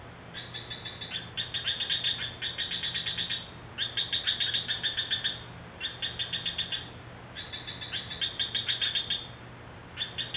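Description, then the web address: Gecko chirping in rapid bursts of clicky pulses, several runs of one to three seconds each with short pauses between, over a steady low hum. Recorded in Palau in 2012. "palau ppr gecko"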